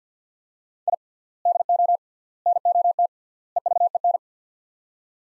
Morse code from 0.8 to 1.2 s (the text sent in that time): I